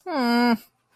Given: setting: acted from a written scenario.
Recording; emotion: vocal sound without words; confusion